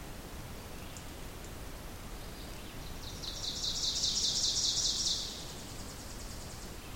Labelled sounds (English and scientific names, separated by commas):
Ovenbird (Seiurus aurocapilla) song